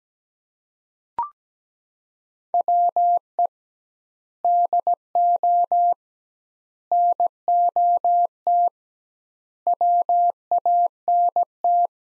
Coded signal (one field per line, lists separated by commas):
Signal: Morse code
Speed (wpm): 17 wpm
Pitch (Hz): 700 Hz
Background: none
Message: WE DO NOT WANT